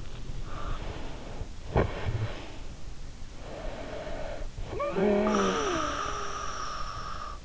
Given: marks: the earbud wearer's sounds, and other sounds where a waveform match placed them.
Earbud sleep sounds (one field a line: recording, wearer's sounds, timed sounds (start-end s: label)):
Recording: sounds in sleep by an in-ear microphone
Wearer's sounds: snoring breath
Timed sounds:
0.41-2.75 s: snoring breath
3.30-7.45 s: snoring breath